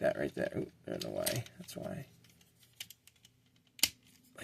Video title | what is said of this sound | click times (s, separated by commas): Ali Express "Transformer Megatron" Pick-up | That rotates back around, or you can just pop it off and cheat like I just did. | 3.8 s